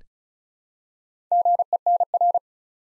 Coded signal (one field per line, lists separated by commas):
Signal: Morse code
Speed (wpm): 36 wpm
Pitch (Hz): 700 Hz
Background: none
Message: GENR